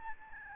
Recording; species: mosquito wingbeat signal from an infrared sensor; Aedes albopictus